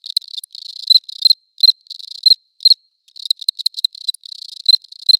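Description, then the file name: Cricket chirping in dense bursts of high, buzzy pulses, some short and some drawn out, with brief gaps and a clean, quiet background. Close recording; León. "Cricket close recording Leon"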